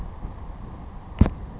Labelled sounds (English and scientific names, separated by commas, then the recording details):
Savannah Sparrow (Passerculus sandwichensis)
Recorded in Sonoma County, California